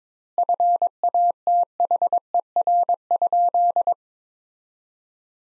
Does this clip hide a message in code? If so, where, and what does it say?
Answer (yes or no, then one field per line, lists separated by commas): yes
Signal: Morse code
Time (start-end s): 0.4-3.9 s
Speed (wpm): 22 wpm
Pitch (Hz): 700 Hz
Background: none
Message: FATHER?